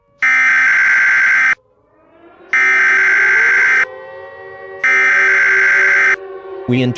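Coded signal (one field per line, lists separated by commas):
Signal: Emergency Alert System (SAME) tones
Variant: header bursts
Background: speech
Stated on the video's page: Fictional EAS scenario, a simulated alert rather than a real one.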